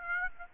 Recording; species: mosquito wingbeat signal from an infrared sensor; Aedes aegypti